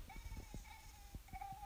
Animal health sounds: mosquito flight sound by mobile phone; Aedes sierrensis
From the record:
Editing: cut to the mosquito's sound

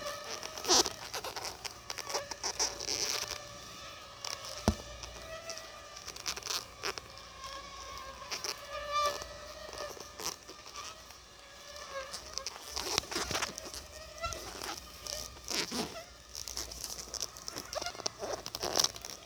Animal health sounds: mosquito flight sound by mobile phone; Aedes albopictus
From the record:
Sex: female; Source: CDC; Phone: Sony Xperia

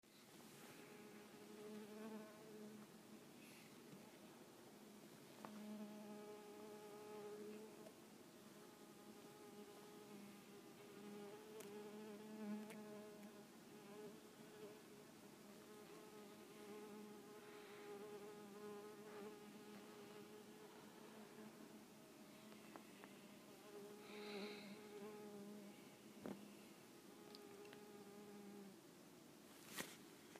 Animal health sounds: mosquito flight sound by mobile phone; Culiseta incidens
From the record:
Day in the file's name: 3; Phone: iPhone 6

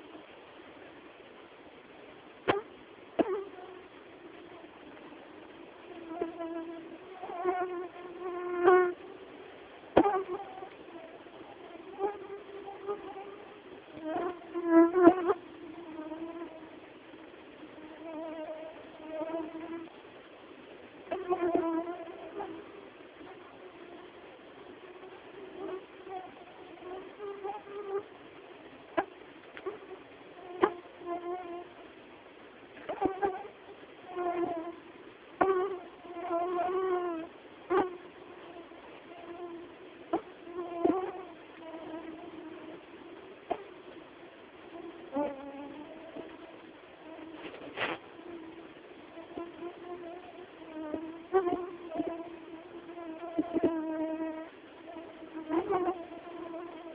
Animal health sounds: mosquito flight sound by mobile phone; Anopheles quadrimaculatus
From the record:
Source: Auburn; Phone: Samsung T209

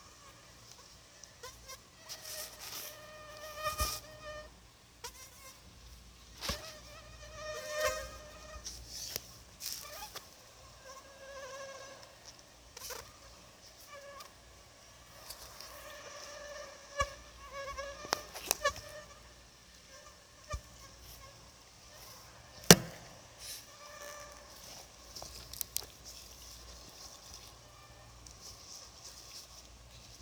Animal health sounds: mosquito flight sound by mobile phone; Anopheles gambiae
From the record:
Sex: female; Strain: RSP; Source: CDC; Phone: Sony Xperia

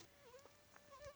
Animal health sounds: mosquito flight sound by mobile phone; Aedes sierrensis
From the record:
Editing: cut to the mosquito's sound

